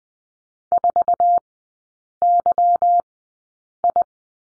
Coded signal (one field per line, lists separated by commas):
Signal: Morse code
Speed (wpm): 20 wpm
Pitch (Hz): 700 Hz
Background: none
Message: 4YI